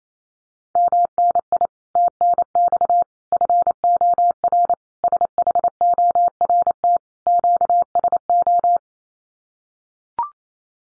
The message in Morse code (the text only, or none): MNI TNX FOR SHORT QSO